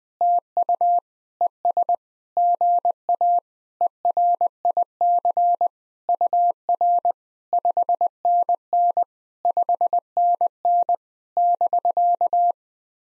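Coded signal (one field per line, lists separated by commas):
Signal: Morse code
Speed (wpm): 20 wpm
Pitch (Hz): 700 Hz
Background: none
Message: TU ES GA ERIC UR 5NN 5NN <BK>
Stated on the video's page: Simulated POTA exchanges sent in Morse at 20 wpm as practice.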